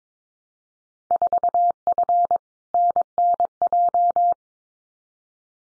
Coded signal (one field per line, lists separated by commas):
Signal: Morse code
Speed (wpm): 22 wpm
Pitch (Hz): 700 Hz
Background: none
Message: 4F NNJ